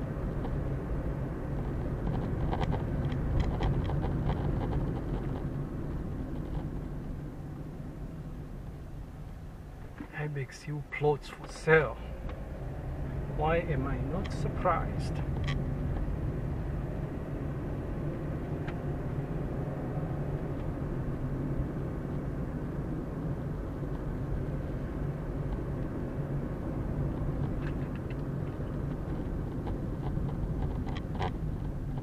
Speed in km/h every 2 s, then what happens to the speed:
44, 43, 39, 26, 13, 7, 15, 23, 28, 34, 38, 38, 37, 38, 36, 28.
0-9 brakes to 7. 11-20 speeds up to 38. 20-27 steady at about 38. 27-32 slows to 28.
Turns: none.